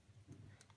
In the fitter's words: push back down till it clicks on the one side and clicks on the other and just